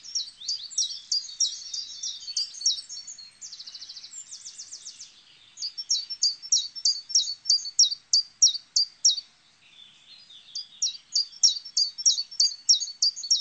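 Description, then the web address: Common chiffchaff song: runs of sharp, high, downslurred notes at a steady pace, broken by brief fast buzzy trills, then the even note series resumes. "chants Pouillot veloce"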